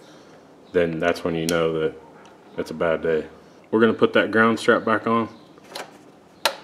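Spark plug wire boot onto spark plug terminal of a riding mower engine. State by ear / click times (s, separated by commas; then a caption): seated / 6.5 s. During an annual service of a John Deere D160 riding mower, the rubber spark plug wire boot with its metal terminal is pushed back onto the reinstalled spark plug of the engine. Someone talks through most of the clip, then a sharp click at 6.5 s is heard as the boot seats onto the plug.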